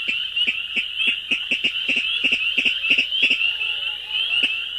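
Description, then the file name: Virginia rail giving harsh clicking kdick notes, repeated irregularly about three times a second over a steady high insect-like drone. Survey training; the harsh kdick call, quickly repeated several times, beginning with a single-syllabled kick. "Virginia Rail-mmp training"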